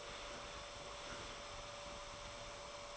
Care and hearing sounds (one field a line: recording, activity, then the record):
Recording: daily activity, microphone in the room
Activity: vacuum cleaning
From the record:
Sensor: 5